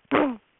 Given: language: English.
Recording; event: throat vibration sensor signal played as sound; throat clearing